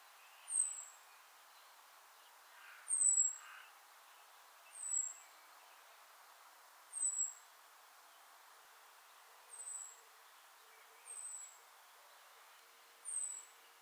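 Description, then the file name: Common blackbird giving thin, high, slightly falling seee calls, seven in all, spaced about every two seconds over faint background hiss. "Turdus merula"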